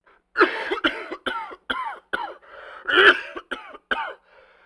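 Repeated coughing from an adult, a rapid series of short cough bursts.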